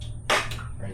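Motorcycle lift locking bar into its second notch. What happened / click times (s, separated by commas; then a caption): The lift stand latch locked into its notch / 0.3 s. A motorcycle lift raising a KLR650 for a rear tire change, with Shinko 244 tires, gives a loud, sharp metallic hit at 0.3 s. That hit is the lift stand's locking bar dropping into its second notch. The latch locks in place and holds.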